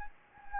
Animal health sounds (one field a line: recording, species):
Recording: mosquito wingbeat signal from an infrared sensor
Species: Anopheles gambiae